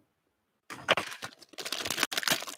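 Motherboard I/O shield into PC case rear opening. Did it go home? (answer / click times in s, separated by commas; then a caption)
yes / 2.0 s, 2.3 s. A thin metal motherboard I/O shield is pressed into the rear opening of a PC case, with fiddling and crinkling followed by a burst of sharp metallic snaps. It clicks into place at 2.0 s and 2.3 s and is seated.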